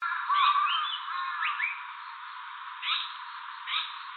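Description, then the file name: Japanese paradise flycatcher calls: clear whistled notes sweeping up and down in a quick series, then two brief rising whistled phrases after a pause, over steady background hiss. Recorded 16 September 2015. "sankoutyou 150916"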